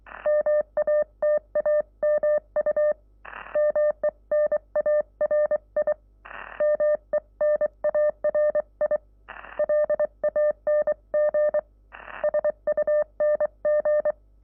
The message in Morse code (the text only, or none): MATAMU MENARI MENARI LANGSUNG